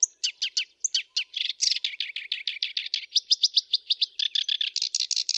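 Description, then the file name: Black-browed reed warbler singing a fast, harsh run of rasping notes, repeated several times a second with a few thin whistles at the start. "suara kerakbasi alis hitam masteran"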